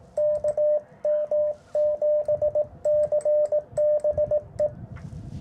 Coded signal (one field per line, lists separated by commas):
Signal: Morse code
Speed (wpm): 18 wpm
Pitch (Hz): 600 Hz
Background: radio noise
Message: KM7CBE